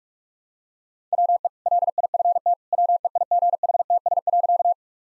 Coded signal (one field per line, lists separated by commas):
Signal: Morse code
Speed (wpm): 46 wpm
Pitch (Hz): 700 Hz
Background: none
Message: WE LIFT WEIGHTS.